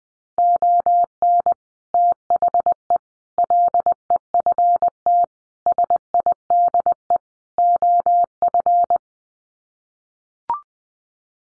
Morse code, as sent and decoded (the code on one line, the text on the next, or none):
--- -. / - .... . / .-.. . ..-. - / ... .. -.. . / --- ..-.
ON THE LEFT SIDE OF